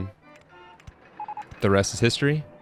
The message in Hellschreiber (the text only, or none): none